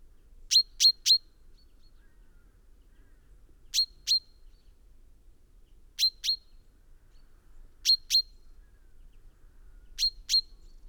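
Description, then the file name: Common chaffinch calls: a rapid triple of bright, clipped notes followed by evenly spaced pairs about every two seconds, with nothing else audible. "Fringilla coelebs"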